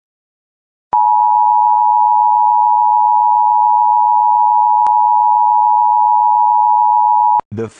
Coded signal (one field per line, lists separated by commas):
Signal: Emergency Alert System (SAME) tones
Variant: 853 and 960 Hz attention tone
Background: speech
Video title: Mushroom Kingdom EAS - Blizzard Warning #1